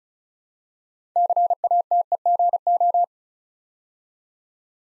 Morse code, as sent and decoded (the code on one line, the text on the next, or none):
-.-. .- - . --. ---
CATEGO